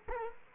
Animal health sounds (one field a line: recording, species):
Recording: mosquito wingbeat signal from an infrared sensor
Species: Culex quinquefasciatus